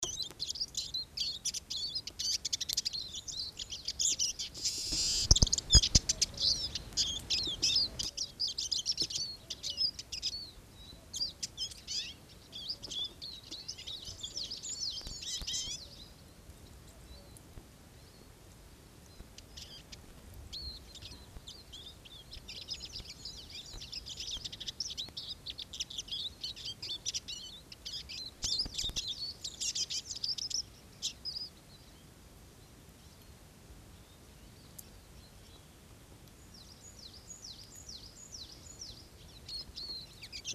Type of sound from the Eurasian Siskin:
song